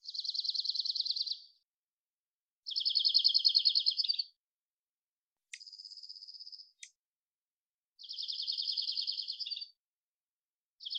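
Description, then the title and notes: Dark-eyed junco singing level trills of quick repeated notes, one thinner and finer than the rest, bursts separated by short silences, no other sounds. Collected song variations and trills, isolated; recorded in the Pacific Northwest, Washington, United States. "Dark-eyed Junco, Junco hyemalis, collected song variations, trills, isolated Recorded in the beautiful Pacific Northwest, Washington, United States"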